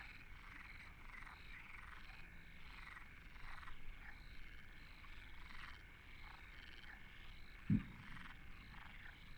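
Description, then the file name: Frog chorus of overlapping rasping croaks, many callers at once, with a single low knock near the end. Frogs recorded at Deltebre in the Ebro Delta, 2014. "2014 Postpaisatge Granotes Deltebre"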